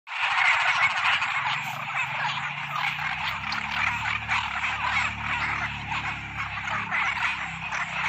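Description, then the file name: Many frogs croaking in a busy overlapping chorus, harsh rattling calls over a low droning hum that weakens partway through. Toads and frogs calling in the evening. "Tieng coc nhai keu vao buoi toi"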